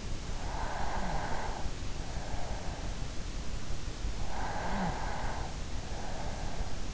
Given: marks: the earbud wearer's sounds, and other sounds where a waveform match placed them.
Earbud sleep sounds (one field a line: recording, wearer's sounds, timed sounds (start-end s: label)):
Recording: sounds in sleep by an in-ear microphone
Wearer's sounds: breath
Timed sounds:
0.02-3.00 s: breath
3.80-6.94 s: breath